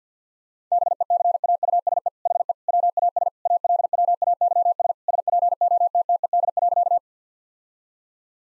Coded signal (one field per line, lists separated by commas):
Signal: Morse code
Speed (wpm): 50 wpm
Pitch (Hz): 700 Hz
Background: none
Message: BECAUSE HE WAS ALWAYS SPOTTED.